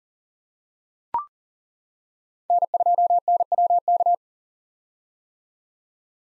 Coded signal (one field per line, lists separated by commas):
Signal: Morse code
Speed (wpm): 40 wpm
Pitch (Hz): 700 Hz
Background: none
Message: N2NWK